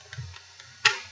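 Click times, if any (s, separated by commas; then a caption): 0.9 s. A Mossberg 500 shotgun's bolt assembly is dropped in and hooked onto the action bars, with a few light ticks before a sharp metallic click at 0.9 s as it latches on.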